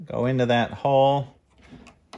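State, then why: Seated. Someone talks while a small metal retaining clip is pushed into its hole on the drawer glide of a restored Kennedy tool box. A quiet stretch of faint handling noise follows, then a short, sharp click at 2.1 s as the clip snaps into the hole and is seated.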